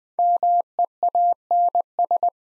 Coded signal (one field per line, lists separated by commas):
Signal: Morse code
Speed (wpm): 20 wpm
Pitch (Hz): 700 Hz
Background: none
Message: MEANS